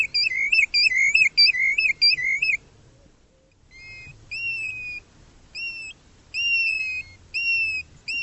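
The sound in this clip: Bird call: a rapid run of wavering whistled notes, a pause, then a series of steady high whistles repeated about every second.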